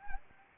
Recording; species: mosquito wingbeat signal from an infrared sensor; Anopheles arabiensis